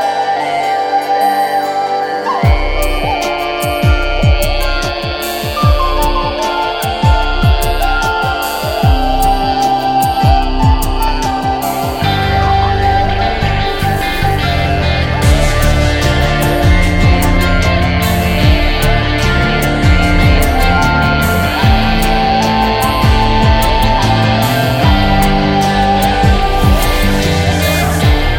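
An electronic dub groove opens with sustained high tones, then a deep bass line and steady beat drop in around two seconds. Near twelve seconds the mix thickens into a denser, brighter layer of pulsing synths and crisp percussion, staying loud and driving to the end.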